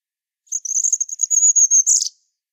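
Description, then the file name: European robin song: a very high, thin, wavering trill held for well over a second, ending in a brief sharper flourish, with a quiet background. "Erithacus rubecula"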